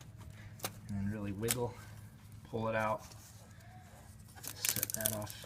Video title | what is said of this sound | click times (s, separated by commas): How to Replace Radiator on Hyundai Sonata 2005 2.4L | there's just a tab you push, you can hear it click, | 0.0 s, 0.7 s